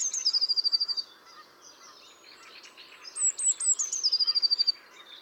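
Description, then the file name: Eurasian blue tit song in two phrases: high slurred notes leading into a rapid ringing trill, with a quieter gap of mixed chirps between them. "Cyanistes caeruleus"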